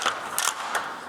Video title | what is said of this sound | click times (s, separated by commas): Stiegelmeyer Puro Bed Training Video | and you'll hear the click | 0.4 s, 0.5 s